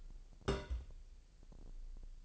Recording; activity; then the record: daily activity, microphone in the room; place on stove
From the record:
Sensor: 5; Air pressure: 1002.1 hPa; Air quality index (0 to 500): 249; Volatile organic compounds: 9 ppm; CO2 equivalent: 2160 ppm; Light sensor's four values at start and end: 21/46/20/22 and 21/45/20/22